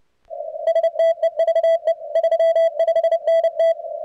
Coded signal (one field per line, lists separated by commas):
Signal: Morse code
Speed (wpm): 30 wpm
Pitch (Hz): 2000 Hz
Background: radio noise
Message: STEVE 35NT